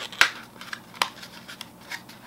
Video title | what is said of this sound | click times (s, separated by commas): Fun with Flight Parts 1 and 2 Rocket Launcher and Kite | sure again I'm gonna put my fingers in here a little bit and make sure that they're clicking or | 0.2 s, 1.0 s